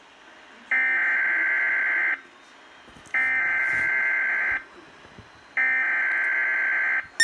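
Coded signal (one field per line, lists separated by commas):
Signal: Emergency Alert System (SAME) tones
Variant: header bursts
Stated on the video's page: Weatheradio Canada thunderstorm and tornado alert from the Edmonton and Cooking Lake transmitters.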